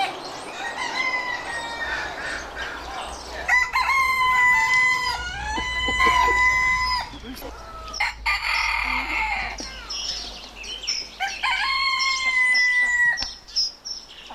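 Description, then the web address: Chicken crowing, many long overlapping crows from several birds. "aso-bit 2018 chicken"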